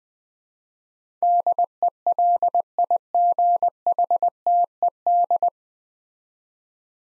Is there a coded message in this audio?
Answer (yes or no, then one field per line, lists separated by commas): yes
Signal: Morse code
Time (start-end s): 1.2-5.5 s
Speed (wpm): 20 wpm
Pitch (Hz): 700 Hz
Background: none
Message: DELIGHTED